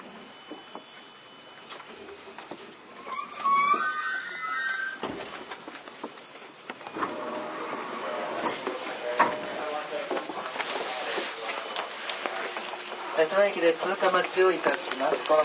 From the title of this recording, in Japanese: 都営10-300形(3次車) 新線新宿〜高尾山口